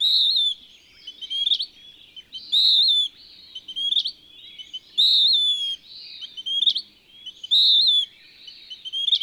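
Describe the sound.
Bird song of bright whistled phrases with quick upward flicks, the same phrase returning roughly every two and a half seconds; background otherwise quiet.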